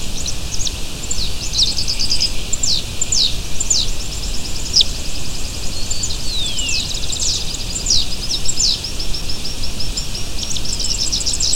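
Bird chirps: many quick high downward notes and short trills spread throughout, over continuous low background noise.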